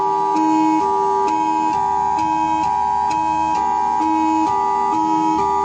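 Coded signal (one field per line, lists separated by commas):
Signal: Emergency Alert System (SAME) tones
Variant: 853 and 960 Hz attention tone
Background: music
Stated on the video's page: Fictional EAS scenario in analog horror style.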